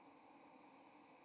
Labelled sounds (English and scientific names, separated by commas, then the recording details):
White-throated Sparrow (Zonotrichia albicollis) flight call
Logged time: 07:38 on 30 October 2014